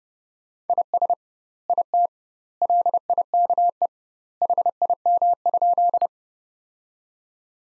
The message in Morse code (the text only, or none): IS IT LIKE HIM?